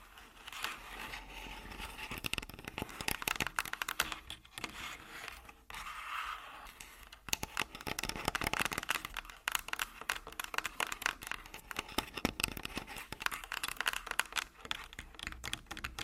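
Tapping and scratching on a body, a dense run of sharp, crackling taps and rough scrapes with no steady rhythm. The sounds are bright and papery, thickening around the middle and the last few seconds, with a short quieter lull near seven seconds.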